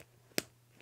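A self-locking metal waistband latch on a pair of Royal Robbins Alpine Mtn Pro pants is slid into place. A single sharp click is heard at 0.4 s, and the latch seats.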